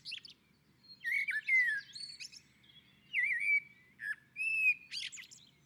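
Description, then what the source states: Common blackbird song: clear whistled notes, some slurred and wavering, interspersed with short squeaky high sounds, in several brief bursts. On a roof.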